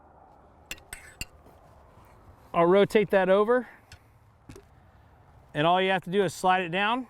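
A quick-connect air fill probe is handled at the fill port of an Umarex AirSaber arrow rifle, about to be slid down into the port to lock. Sharp metallic clicks sound at about 0.7, 0.9 and 1.2 seconds, with fainter knocks near 3.9 and 4.6 seconds, while someone talks. Nothing has seated or locked yet by the end of the clip.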